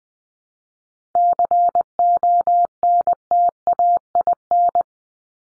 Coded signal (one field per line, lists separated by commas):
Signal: Morse code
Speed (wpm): 20 wpm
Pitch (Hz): 700 Hz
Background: none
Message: CONTAIN